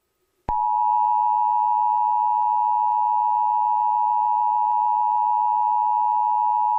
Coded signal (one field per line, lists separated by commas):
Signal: Emergency Alert System (SAME) tones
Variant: 853 and 960 Hz attention tone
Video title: The Kinito And Stickman Show: A EAS Scenario Part 1